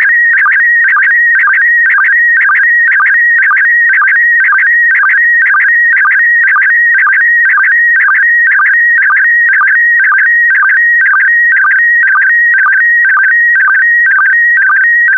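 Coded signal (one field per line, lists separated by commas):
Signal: SSTV (slow-scan television)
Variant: PD120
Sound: warbling steady tones around 1.5-2.3 kHz with rhythmic low chirps twice a second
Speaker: get ready starting transmission in 5 4 3 2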